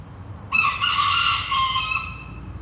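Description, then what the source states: Chicken: rooster crowing, one loud drawn-out cock-a-doodle-doo filling most, with faint low background hum. Recorded with traffic.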